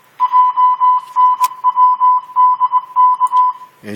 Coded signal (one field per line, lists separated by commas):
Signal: Morse code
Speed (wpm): 20 wpm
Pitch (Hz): 1000 Hz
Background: speech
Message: JNWDK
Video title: N5XTC Using Just Learn Morse Code Program